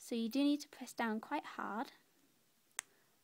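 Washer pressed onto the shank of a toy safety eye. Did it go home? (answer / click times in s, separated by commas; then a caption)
yes / 2.8 s. Someone talks, then the plastic washer (backing) of a toy safety eye is pressed down hard onto the eye's shank. It snaps on with a single sharp click at 2.8 s and is seated in place.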